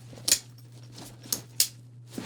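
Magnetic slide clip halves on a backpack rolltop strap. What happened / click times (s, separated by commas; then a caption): The clip halves snapped together / 1.6 s. The two halves of a magnetic slide clip on a backpack rolltop strap are pulled apart and let go so they find each other on their own. A low steady hum runs underneath, with a few light clacks near 0.3 s and 1.3 s. The halves snap together and seat with a sharp click at 1.6 s.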